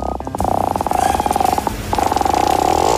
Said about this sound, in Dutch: Oh, maar mag je scheet nog één keer horen?